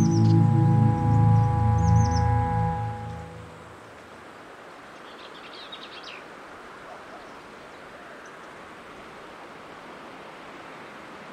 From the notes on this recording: Patagonia Lake State Park in SE Arizona